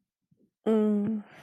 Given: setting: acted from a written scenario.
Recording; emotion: vocal sound without words; sympathy